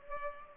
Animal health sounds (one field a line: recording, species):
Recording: mosquito wingbeat signal from an infrared sensor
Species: Culex pipiens